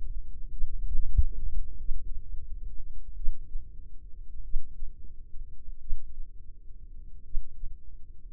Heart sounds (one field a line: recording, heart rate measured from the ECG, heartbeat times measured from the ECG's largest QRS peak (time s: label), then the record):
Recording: heart sounds by microphone in the left ear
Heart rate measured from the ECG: 45 bpm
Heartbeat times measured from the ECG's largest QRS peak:
0.51 s: heartbeat
1.78 s: heartbeat
3.16 s: heartbeat
4.43 s: heartbeat
5.80 s: heartbeat
7.24 s: heartbeat
From the record:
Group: healthy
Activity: rest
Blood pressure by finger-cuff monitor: 108/62 mmHg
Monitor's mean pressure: 78 mmHg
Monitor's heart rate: 44 bpm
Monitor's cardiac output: 4.4 L/min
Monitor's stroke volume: 100 mL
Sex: female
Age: 36 years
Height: 163 cm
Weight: 88 kg